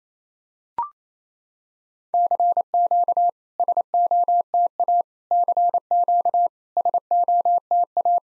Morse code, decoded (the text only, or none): CQ SOTA CQ SOTA